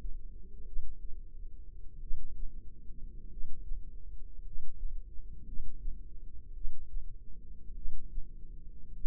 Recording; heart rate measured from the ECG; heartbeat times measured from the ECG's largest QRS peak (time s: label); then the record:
heart sounds by microphone in the left ear; 51 bpm
0.64 s: heartbeat
1.99 s: heartbeat
3.28 s: heartbeat
4.42 s: heartbeat
5.44 s: heartbeat
6.52 s: heartbeat
7.73 s: heartbeat
8.92 s: heartbeat
From the record:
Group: healthy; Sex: male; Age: 25 years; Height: 170 cm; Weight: 70.4 kg